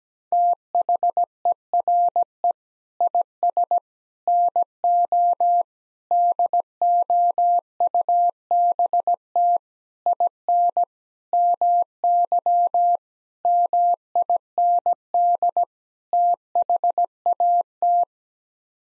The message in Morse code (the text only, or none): THERE IS NO DOUBT IN MY MIND THAT